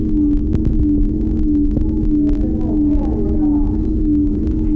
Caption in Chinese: 这是一种与众不同的心跳声。 我感觉像一个金属的声音。